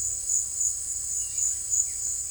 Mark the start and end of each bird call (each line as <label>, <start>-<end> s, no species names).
bird call, 1.09-2.30 s